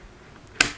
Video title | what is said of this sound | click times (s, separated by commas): Mesin Router heavy duty, NRT 3612 HD | dia sudah terkunci lalu kita kendurkan dengan kunci bawahnya seperti ini nah | 0.6 s